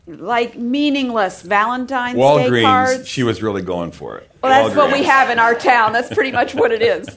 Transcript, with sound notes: like, meaningless Valentine’s cards.
Walgreens... she was really going for it... Walgreens. (laughter)
Well, that’s what we have in our town. That’s pretty much what it is.